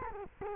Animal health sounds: mosquito wingbeat signal from an infrared sensor; Culex quinquefasciatus

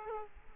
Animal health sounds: mosquito wingbeat signal from an infrared sensor; Aedes aegypti

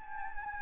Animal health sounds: mosquito wingbeat signal from an infrared sensor; Anopheles gambiae

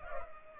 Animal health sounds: mosquito wingbeat signal from an infrared sensor; Culex pipiens

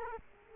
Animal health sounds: mosquito wingbeat signal from an infrared sensor; Culex quinquefasciatus

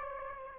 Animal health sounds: mosquito wingbeat signal from an infrared sensor; Aedes aegypti

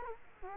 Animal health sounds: mosquito wingbeat signal from an infrared sensor; Culex quinquefasciatus

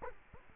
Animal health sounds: mosquito wingbeat signal from an infrared sensor; Culex quinquefasciatus

